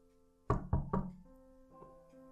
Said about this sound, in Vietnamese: rụt rè gõ cửa phòng Khánh Bình